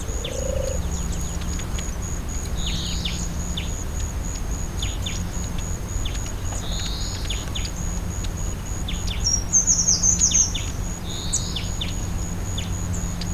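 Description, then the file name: European greenfinch calls: short chirps and brief down-slurred notes scattered at irregular intervals, faint over steady background noise and a continuous high tone. "Chloris chloris"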